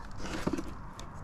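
A plastic electrical connector is handled at the fuel pump assembly of a Toyota Camry during a fuel filter change, with soft rustling and a brief tap around 0.5 s. The connector has not seated or clicked yet.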